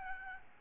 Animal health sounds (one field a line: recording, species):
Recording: mosquito wingbeat signal from an infrared sensor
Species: Aedes albopictus